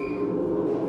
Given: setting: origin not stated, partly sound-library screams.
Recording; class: one-second piece from a danger detection set; woman in danger